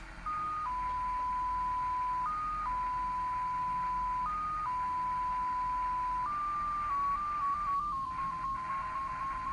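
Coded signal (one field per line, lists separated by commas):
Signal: numbers station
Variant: XPA2, 14-tone MFSK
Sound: a single steady tone hopping between nearby pitches, slowly at first, then quicker steps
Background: radio static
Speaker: for those of you that have never heard XPA2 before, it sounds like this.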